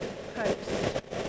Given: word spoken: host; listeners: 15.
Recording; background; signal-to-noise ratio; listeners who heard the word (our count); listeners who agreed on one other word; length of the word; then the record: one English word in noise, from a listening test; noise modulated by three-talker babble; -7.9 dB; 0 of 15; 10 of 15; 0.89 s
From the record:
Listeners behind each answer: 10, 3, 1, 1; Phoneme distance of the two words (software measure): 10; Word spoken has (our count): 1 syllable, 4 phonemes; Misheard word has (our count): 1 syllable, 4 phonemes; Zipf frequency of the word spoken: 4.39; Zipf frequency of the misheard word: 4.87